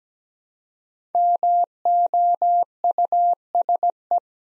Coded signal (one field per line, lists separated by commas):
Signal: Morse code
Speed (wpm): 17 wpm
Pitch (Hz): 700 Hz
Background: none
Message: MOUSE